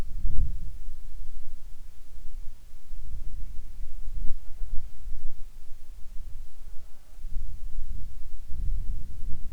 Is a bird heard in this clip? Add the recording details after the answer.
no. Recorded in the Arctic National Wildlife Refuge, Alaska, on 7 July 2019 at 18:51. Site 41